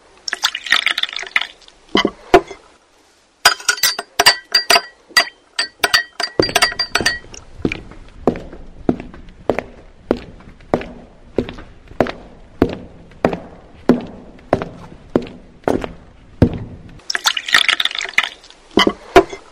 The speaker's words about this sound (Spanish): Bueno, se sirven un traguito. Tenemos un apiado preparado en el campo y una mistelita para continuar nuestra plática.